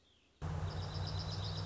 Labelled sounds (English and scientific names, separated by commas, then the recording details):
Dark-eyed Junco (Junco hyemalis)
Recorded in Sonoma County, California